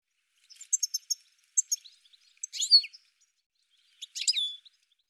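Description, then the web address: Bird calling with rapid high ticking notes, then a louder, slurred, falling chirp, and a final burst ending in a downward whistle; background silent. "cianscape birddata"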